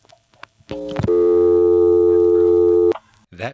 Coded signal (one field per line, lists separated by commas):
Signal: telephone call progress tone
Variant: North America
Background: speech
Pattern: dial tone